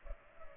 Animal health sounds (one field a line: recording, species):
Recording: mosquito wingbeat signal from an infrared sensor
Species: Culex pipiens